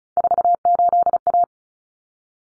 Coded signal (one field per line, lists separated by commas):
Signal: Morse code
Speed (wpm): 34 wpm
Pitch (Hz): 700 Hz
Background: none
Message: 48A